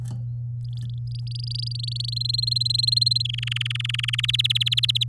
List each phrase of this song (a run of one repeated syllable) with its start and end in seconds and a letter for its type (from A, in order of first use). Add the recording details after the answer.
0.65-2.10 A, 2.12-3.22 B, 3.25-4.26 C, 4.28-5.04 D. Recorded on 8 May 2018 at 10:36. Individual llb16